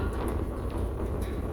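A window net is slid into its door/cage mount on a Polaris Turbo RZR UTV, giving a steady low rumbling handling noise with no sharp hits. Nothing has seated or clicked yet.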